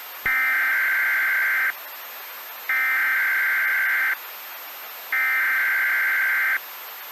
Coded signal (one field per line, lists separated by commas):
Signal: Emergency Alert System (SAME) tones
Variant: header bursts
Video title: North Carolina Nuclear Nightmare: EAS Scenario